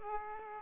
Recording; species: mosquito wingbeat signal from an infrared sensor; Aedes aegypti